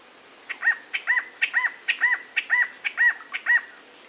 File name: canto do chororo do rio branco